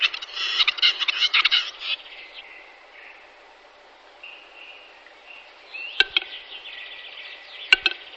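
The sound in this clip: Bird calls: about two seconds of rapid, harsh chattering bursts, then softer drawn-out tonal notes, broken by a few sharp clicks near the end.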